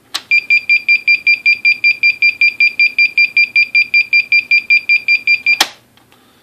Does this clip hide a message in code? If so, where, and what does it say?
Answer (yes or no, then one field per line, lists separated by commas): no